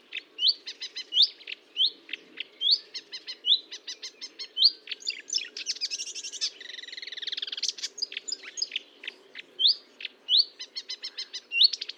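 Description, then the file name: Marsh warbler delivering a lively mix of rattling trills, clicks and rising whistles, with a dense buzzy passage in the middle before the varied phrases resume. Recorded at Fontaine-Française, Fourneau, on 1 June 2022 at 10:55, using a Nagra recorder with a Telinga parabolic microphone. "Rousserolle verderolle 1055 Fontaine-Francaise-Fourneau"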